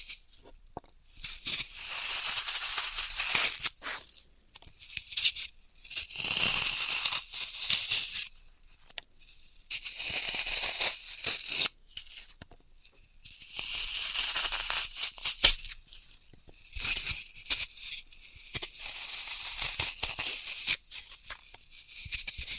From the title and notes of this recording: Dry vs Wet Floral Foam Tapping, Cutting and Crushing (No Talking).